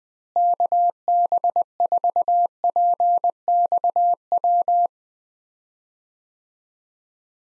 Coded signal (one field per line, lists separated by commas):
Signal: Morse code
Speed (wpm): 20 wpm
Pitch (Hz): 700 Hz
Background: none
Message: KB4PXW